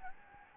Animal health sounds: mosquito wingbeat signal from an infrared sensor; Anopheles gambiae

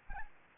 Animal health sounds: mosquito wingbeat signal from an infrared sensor; Anopheles arabiensis

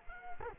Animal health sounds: mosquito wingbeat signal from an infrared sensor; Culex quinquefasciatus

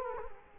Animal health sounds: mosquito wingbeat signal from an infrared sensor; Culex quinquefasciatus

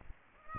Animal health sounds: mosquito wingbeat signal from an infrared sensor; Aedes aegypti

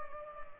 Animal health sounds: mosquito wingbeat signal from an infrared sensor; Culex pipiens

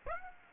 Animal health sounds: mosquito wingbeat signal from an infrared sensor; Aedes aegypti

